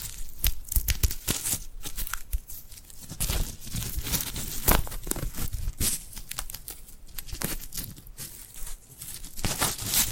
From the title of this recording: Tingly Glued Hand Sounds